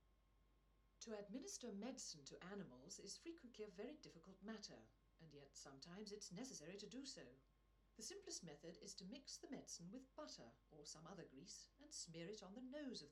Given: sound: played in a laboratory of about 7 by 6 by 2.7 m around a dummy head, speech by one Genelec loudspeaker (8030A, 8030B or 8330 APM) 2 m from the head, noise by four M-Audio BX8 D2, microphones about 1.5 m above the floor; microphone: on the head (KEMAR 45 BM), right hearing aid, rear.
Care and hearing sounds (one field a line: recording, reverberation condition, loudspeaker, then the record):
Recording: female speech in English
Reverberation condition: low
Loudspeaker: 150 degrees to the right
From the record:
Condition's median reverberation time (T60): about 310 ms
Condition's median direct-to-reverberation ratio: about 3.5 dB